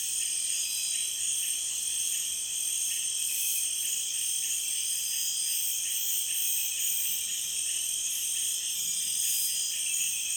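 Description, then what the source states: Chorus of insects, a constant high shimmering drone of several overlapping tones with slight rhythmic pulsing. Frog and insect chorus, recorded in Peru.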